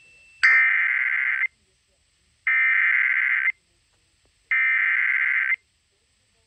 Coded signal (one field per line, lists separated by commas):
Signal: Emergency Alert System (SAME) tones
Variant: header bursts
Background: speech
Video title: EAS #3685 Severe Thunderstorm Warning on WCLR